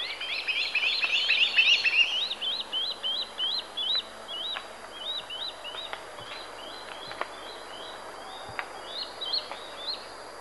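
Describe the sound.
Swallow-tailed kite calls: an excited chattering burst, then steady rapid high whistled notes repeated about three or four times a second, fading later.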